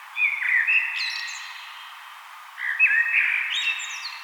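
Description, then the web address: Common blackbird song of two mellow warbling phrases, each sliding between low flutey notes and finishing with a thin, high squeaky trill. "SETE Turdus merula"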